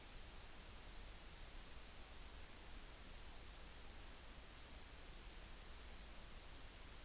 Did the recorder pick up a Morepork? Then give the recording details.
no. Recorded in New Zealand on 14 June 2013. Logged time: 02:27. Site Ponui